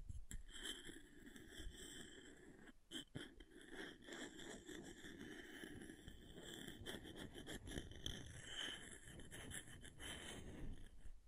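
Scratching of an object, a continuous rough rubbing and scraping that runs the whole time without pause. Short sharper strokes break through at irregular moments, around three and again near eight to nine seconds, with a bright, gritty edge over a dense lower rumble.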